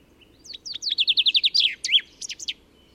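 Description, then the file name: Common chaffinch song: a trill of crisp repeated notes ending with a few loud, separate end notes; low background rumble throughout. "Fringilla coelebs"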